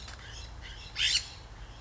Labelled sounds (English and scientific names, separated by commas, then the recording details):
California Scrub-Jay (Aphelocoma californica)
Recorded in Sonoma County, California